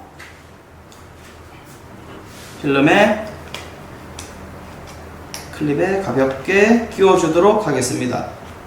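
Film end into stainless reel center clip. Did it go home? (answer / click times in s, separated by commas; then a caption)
no / none. The film end is being hooked into the clip at the centre of a stainless steel developing reel. Faint handling ticks and small clicks can be heard around 0.2, 3.5, 4.2 and 5.3 seconds while someone talks. Nothing has seated or clicked home yet.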